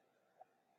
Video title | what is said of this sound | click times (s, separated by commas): EET226_Micrometer | ratchet cap turn it till it clicks and then | 0.4 s